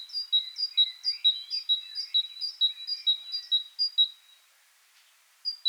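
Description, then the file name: Great tit singing its ringing two-note phrase in a fast steady series, then a pause of about a second before the phrase starts again. "Parus major"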